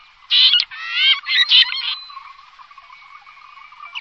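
Bird calls: three loud, harsh, nasal notes in the first two seconds, then quieter bubbling background chatter with a faint final chirp.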